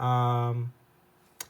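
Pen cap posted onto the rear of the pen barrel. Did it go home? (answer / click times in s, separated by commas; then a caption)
yes / 1.4 s. Someone talks briefly, then the plastic cap of a disposable Bic Intensity fineliner pen is posted onto the back end of the barrel. A small, sharp click at 1.4 s shows the cap is seated and posted correctly.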